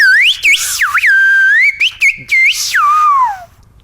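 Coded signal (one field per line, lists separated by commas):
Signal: whistled language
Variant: Silbo Gomero, Basque sentence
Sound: a single clear whistle gliding up and down in pitch, with brief breaks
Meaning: What you want is what you do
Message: Nahi dezuna egiten dezu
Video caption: Nahi dezuna egiten dezu. “What you want is what you do”. (In Gomeran whistle) Nahi dezuna egiten dezu.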